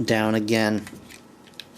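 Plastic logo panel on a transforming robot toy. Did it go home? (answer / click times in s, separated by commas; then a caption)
yes / 1.6 s. Someone talks during the first 0.8 seconds as a plastic panel bearing a Jurassic Park logo on a transforming robot toy is pushed back down during its conversion. A faint scrape follows, then a sharp, short snap at 1.6 s as the panel seats into place.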